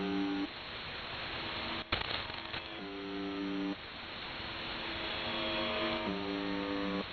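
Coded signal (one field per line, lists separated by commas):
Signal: channel marker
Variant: UVB-76 (The Buzzer)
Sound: three short, harsh, low buzzes about three seconds apart over steady radio hiss, with one click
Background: radio static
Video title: UVB-76 (4625 kHz) Strange white noise 18:35 UTC (Noise starts at 3:15)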